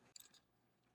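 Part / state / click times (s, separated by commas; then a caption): camera/lens assembly into digital microscope mount / seated / 0.2 s. The camera/lens assembly of a JOYALENS JL249MS 10.1-inch digital microscope is rotated until its protrusion lines up with the divot in the mount, then dropped down into its seat. A sharp, bright transient at 0.2 s marks it seating, followed by a softer knock at 0.3 s. The assembly is seated all the way down.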